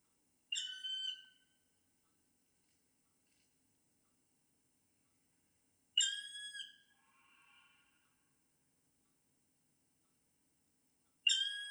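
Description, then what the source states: Black Woodpecker giving three drawn-out plaintive whistled calls, spaced several seconds apart in silence. Example call for recognising the woodpecker by its voice.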